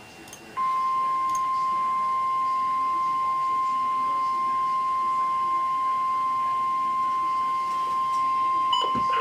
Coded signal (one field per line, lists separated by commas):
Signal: Emergency Alert System (SAME) tones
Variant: 1050 Hz attention tone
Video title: EAS Alert #306 (SVR)